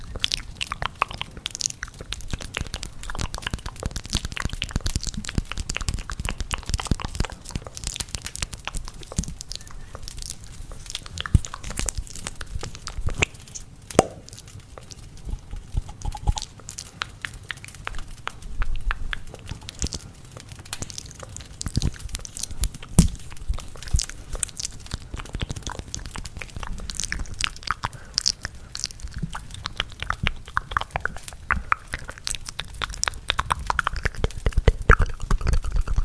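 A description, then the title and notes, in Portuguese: Intense mouth sounds, wet clicks, crunches and chewing-like smacks, come thick and fast for the whole half minute, crackling irregularly without pause. Underneath runs a low, steady rumble, with a few louder bursts scattered throughout and some brighter, sharper snaps near the end. ASMR SONS DE BOCA super intensos com SONS DE LAREIRA.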